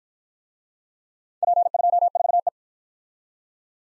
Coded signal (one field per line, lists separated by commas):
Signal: Morse code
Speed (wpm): 51 wpm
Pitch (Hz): 700 Hz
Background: none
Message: P24E